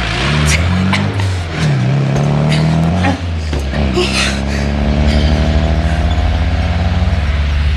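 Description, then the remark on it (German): A car engine roars to life and pulls away in haste to give chase, its pitch climbing and dipping as it revs through the gears, then settling into a loud, steady, rumbling drone with brief clatters. “Frag nicht, sondern fahr los! Wir haben keine Zeit zu verlieren!”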